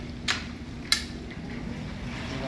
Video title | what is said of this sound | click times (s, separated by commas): Tripod spray rack system set up , teach back. | That clicks on. | 0.9 s